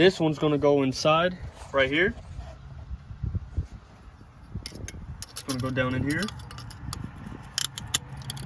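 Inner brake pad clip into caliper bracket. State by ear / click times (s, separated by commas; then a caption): not seated / none. Someone talks while an inner metal brake pad clip is handled and lined up to go down into the caliper bracket of a 1995–2001 second-generation Ford Explorer. Several sharp metallic knocks and light jangling sounds are heard from about 4.7 s to 8.3 s. Nothing has seated or clicked yet.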